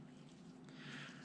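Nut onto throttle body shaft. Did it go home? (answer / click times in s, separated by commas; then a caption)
no / none. While reassembling the throttle body on a 2003-2007 Honda during a cruise control repair, a nut is turned onto the shaft after the lock washer has been refitted. A steady low hum runs throughout, with faint light metallic ticks near 0.7 s and 1.3 s. The nut fails to catch the thread because a small collar is in the way, so nothing has seated or clicked yet.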